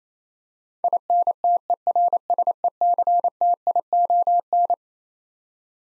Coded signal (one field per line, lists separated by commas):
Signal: Morse code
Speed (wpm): 27 wpm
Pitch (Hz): 700 Hz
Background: none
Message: INTERSECTION